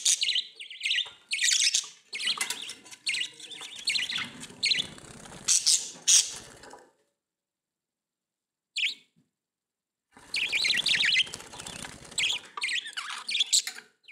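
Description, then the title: Budgerigar chatter, a long noisy stretch of scratchy chirps, then quiet, then another burst of busy chattering. "Budgie Sounds"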